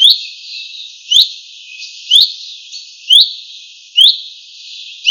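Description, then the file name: Common chaffinch calling, a short bright rising note repeated about once a second, clear and steady against a faint hiss. "Fringilla coelebs"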